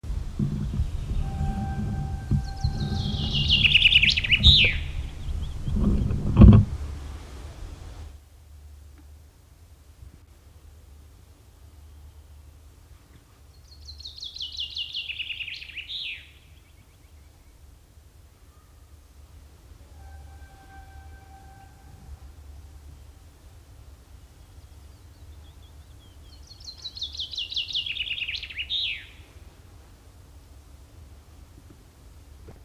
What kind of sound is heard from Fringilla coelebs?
song